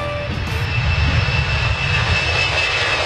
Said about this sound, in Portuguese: É, passando mais um avião aí, hein?